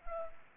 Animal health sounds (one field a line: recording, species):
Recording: mosquito wingbeat signal from an infrared sensor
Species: Culex pipiens